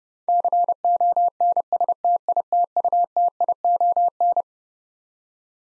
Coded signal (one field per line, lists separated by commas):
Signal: Morse code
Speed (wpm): 31 wpm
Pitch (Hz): 700 Hz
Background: none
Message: CONSTITUTION